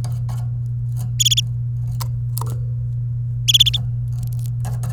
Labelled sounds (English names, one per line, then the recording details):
Domestic Canary song
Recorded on 28 April 2018 at 15:48
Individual llb3